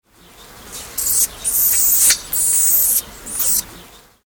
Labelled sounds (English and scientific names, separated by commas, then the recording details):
Siberian Weasel (Mustela sibirica)
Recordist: Tembrock, Günter
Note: Kontaktlaute